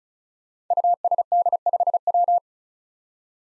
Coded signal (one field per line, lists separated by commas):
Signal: Morse code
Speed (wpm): 36 wpm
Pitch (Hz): 700 Hz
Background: none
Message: USD5W